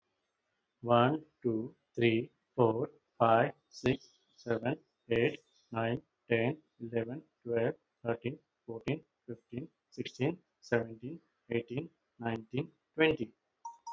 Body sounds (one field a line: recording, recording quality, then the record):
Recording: counting at a normal pace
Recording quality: excellent, no background noise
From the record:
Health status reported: healthy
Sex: male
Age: 43 years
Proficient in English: yes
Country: India